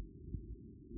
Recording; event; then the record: neck accelerometer signal played as sound; no cough (speech, laughter, throat clearing or background)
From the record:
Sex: female